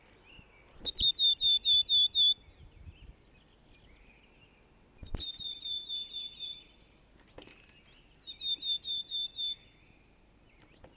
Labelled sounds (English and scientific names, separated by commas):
Willow Tit (Poecile montanus) song